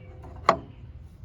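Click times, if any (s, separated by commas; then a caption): 0.5 s. A replacement hydraulic/transmission filter is pushed up into its hole in the transmission filter mount on a John Deere 400 hydrostatic garden tractor. A faint tap is heard at 0.2 s, then a sharp, bright click at 0.5 s over a low background rumble. The filter locks into the mount and is seated in place.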